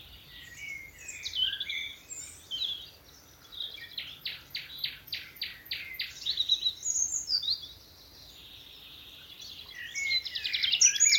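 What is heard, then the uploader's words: A nightingale sings in a Dorset wood, a varied, bright song of rapid chirps, whistles and trills. Around the middle comes a run of evenly spaced, sharp repeated notes, then more tumbling phrases that grow louder toward the end over a faint low rumble. The glorious song of nightingales from a Dorset wood. In this episode, it's evening at Alners Gorse, a nature reserve in Dorset run by Butterfly Conservation . As the dew falls, the extraordinary song of nightingales rises from the thickets. Recorded by Martin Maudsley.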